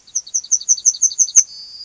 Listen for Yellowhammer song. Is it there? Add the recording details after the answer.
yes. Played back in grassland. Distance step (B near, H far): B. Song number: 000